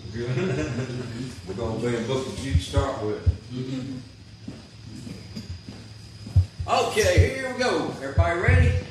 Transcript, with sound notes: - Good. (laughing) We're gonna be in the book of Jude to start with. (laughing) Okay, here we go. Everybody ready?